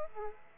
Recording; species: mosquito wingbeat signal from an infrared sensor; Aedes aegypti